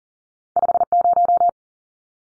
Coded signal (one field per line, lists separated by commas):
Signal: Morse code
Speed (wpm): 40 wpm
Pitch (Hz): 700 Hz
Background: none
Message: 50